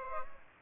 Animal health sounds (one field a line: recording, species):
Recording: mosquito wingbeat signal from an infrared sensor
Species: Aedes aegypti